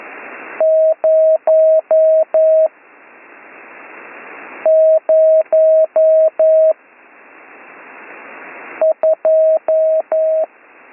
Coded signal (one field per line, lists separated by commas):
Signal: Morse code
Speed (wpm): 11 wpm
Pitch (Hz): 640 Hz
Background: none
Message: 002